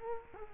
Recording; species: mosquito wingbeat signal from an infrared sensor; Culex quinquefasciatus